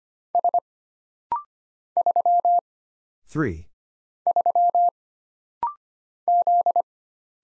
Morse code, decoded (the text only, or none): S 3 3 Z